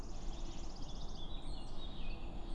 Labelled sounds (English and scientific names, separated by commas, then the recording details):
Eurasian Blackcap (Sylvia atricapilla)
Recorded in Germany
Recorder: ecoPi